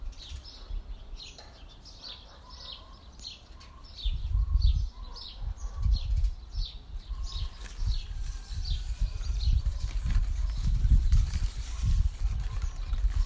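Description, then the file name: Birds chirping: short high notes repeated rapidly with short lower notes between them, over gusting low wind that grows stronger midway. Birds recorded together with wind. "Birds and Wind"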